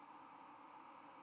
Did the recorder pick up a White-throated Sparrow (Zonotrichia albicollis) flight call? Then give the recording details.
yes. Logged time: 04:55 on 31 October 2014